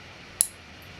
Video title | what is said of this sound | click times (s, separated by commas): Eyelash Applicator.... BUT DOES IT WORK? | and it clicks and you put the lash that you want to wear in this | 0.4 s